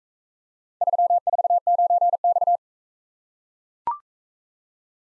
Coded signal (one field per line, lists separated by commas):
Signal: Morse code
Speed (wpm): 40 wpm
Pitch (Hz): 700 Hz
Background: none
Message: 349X